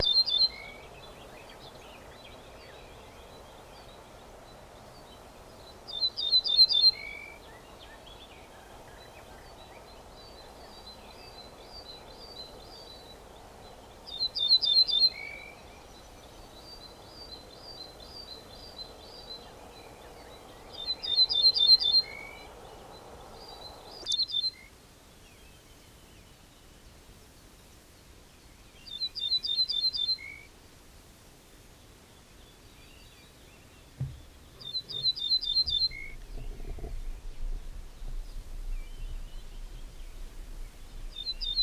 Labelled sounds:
Ortolan Bunting song

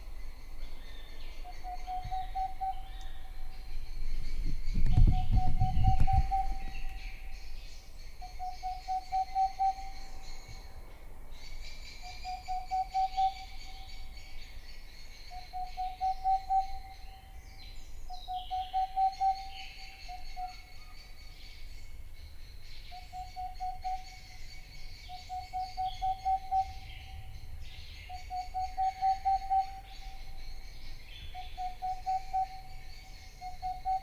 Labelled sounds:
Boreal Owl

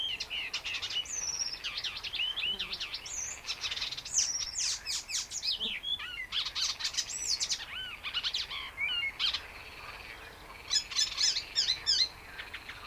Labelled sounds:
Icterine Warbler

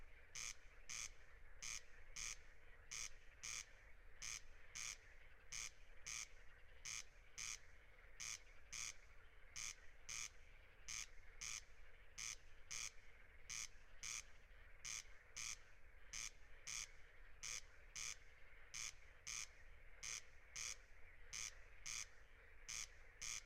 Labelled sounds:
Corn Crake song

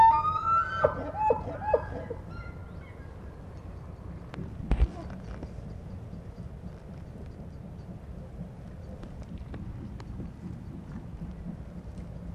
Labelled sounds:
Wapiti rut call

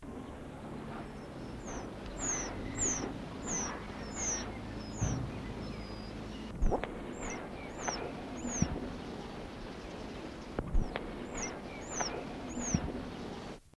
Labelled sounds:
Temminck's Tragopan call

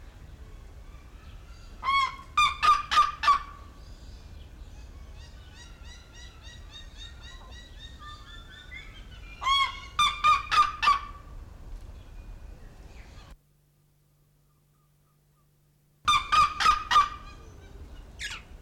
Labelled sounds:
Black-legged Seriema call

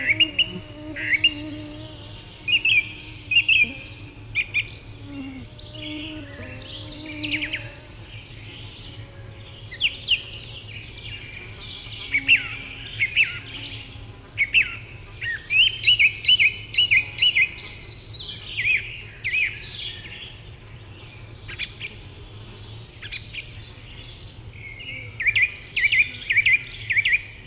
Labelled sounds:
Song Thrush song

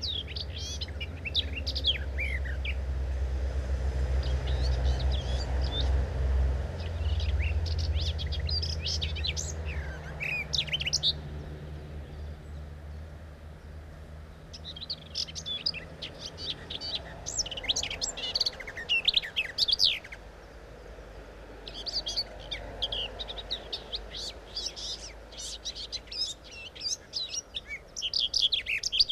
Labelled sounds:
Garden Warbler song

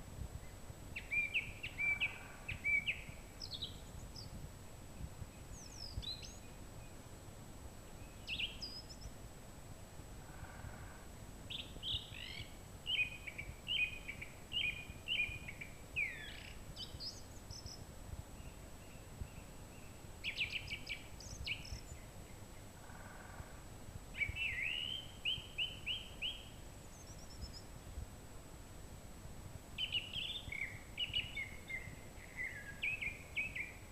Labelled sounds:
Song Thrush song

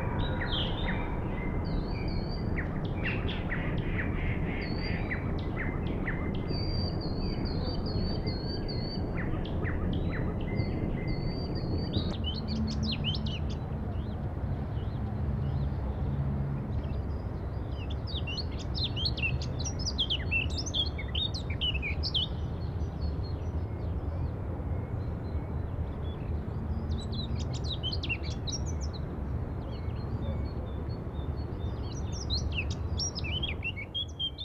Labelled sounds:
Song Thrush song

